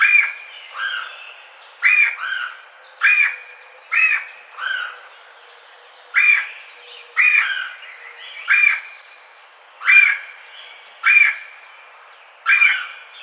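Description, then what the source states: Red-bellied woodpecker giving a long series of rolling churr calls roughly every second. Recorded 4 May 2009.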